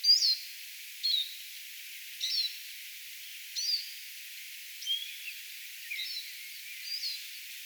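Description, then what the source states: Eurasian siskin call notes: short, bright, somewhat twisted chirps given at fairly regular intervals, fading gradually toward the end. Several siskins flying around, recorded 18 April 2025.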